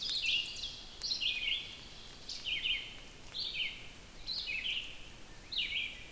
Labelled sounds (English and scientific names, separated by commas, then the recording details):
Red-eyed Vireo (Vireo olivaceus) song
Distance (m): 10 m
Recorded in boreal forest in Alberta, Canada, on 5 June 2016 at 05:34
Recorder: SongMeter 3, array SBT-3-51
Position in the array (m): 149 m, 78 m